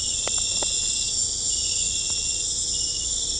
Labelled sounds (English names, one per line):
none